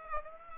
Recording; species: mosquito wingbeat signal from an infrared sensor; Aedes aegypti